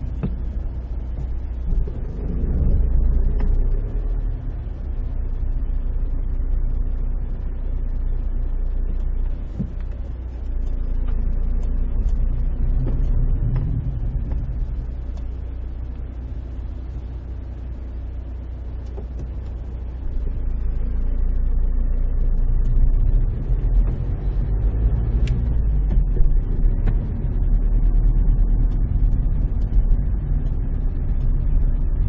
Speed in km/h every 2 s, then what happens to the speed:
0, 0, 3, 0, 0, 4, 6, 0, 2, 0, 0, 9, 15, 18, 16, 14.
0-8 standing. 8-11 pulls away to 6. 13-20 standing. 20-23 pulls away to 15. 23-32 steady at about 15.